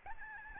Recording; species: mosquito wingbeat signal from an infrared sensor; Aedes albopictus